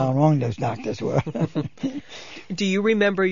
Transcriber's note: they laugh